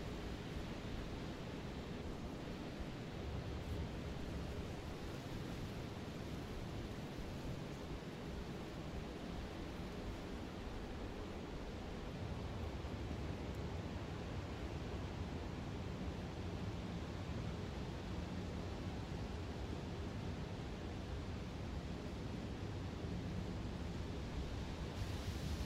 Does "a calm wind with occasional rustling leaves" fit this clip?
yes